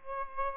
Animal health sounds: mosquito wingbeat signal from an infrared sensor; Aedes albopictus

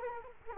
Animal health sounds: mosquito wingbeat signal from an infrared sensor; Culex quinquefasciatus

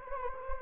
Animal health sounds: mosquito wingbeat signal from an infrared sensor; Anopheles gambiae

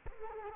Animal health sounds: mosquito wingbeat signal from an infrared sensor; Culex quinquefasciatus

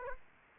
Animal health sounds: mosquito wingbeat signal from an infrared sensor; Aedes aegypti

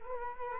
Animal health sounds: mosquito wingbeat signal from an infrared sensor; Culex quinquefasciatus

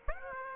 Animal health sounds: mosquito wingbeat signal from an infrared sensor; Aedes aegypti

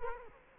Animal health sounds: mosquito wingbeat signal from an infrared sensor; Culex quinquefasciatus

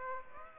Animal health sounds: mosquito wingbeat signal from an infrared sensor; Aedes aegypti

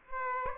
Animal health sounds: mosquito wingbeat signal from an infrared sensor; Aedes aegypti

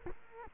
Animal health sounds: mosquito wingbeat signal from an infrared sensor; Culex quinquefasciatus

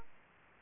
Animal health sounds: mosquito wingbeat signal from an infrared sensor; Aedes aegypti

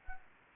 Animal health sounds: mosquito wingbeat signal from an infrared sensor; Anopheles arabiensis

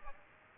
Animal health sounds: mosquito wingbeat signal from an infrared sensor; Aedes aegypti

